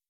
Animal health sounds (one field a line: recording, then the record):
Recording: hydrophone in a shrimp aquaculture tank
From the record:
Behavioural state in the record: weakened